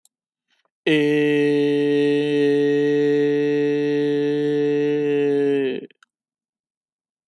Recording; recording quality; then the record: sustained vowel as in made; excellent, no background noise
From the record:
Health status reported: healthy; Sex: male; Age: 28 years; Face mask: not worn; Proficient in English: yes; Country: United States